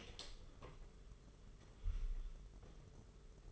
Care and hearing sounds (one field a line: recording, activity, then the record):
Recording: daily activity, microphone in the room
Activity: open door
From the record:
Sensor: 4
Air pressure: 992.3 hPa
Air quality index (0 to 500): 114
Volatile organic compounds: 22 ppm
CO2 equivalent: 2761 ppm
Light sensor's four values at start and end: 21/75/27/29 and 22/76/28/29